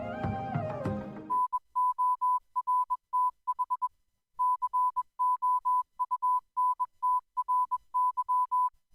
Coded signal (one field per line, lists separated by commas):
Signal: Morse code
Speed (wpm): 21 wpm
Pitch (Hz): 1000 Hz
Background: music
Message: NORTH COUNTRY